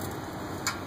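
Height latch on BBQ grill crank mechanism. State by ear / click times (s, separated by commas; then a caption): seated / 0.7 s. The height latch on the grate-lift crank mechanism of a wood BBQ grill is cranked one-handed until it engages. Over a steady low background, a single sharp click sounds at 0.7 s. The latch locks into place.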